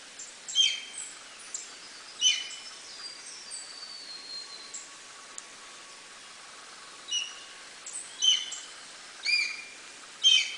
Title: Gavião Pato – Características, Habitat Alimentação e Canto!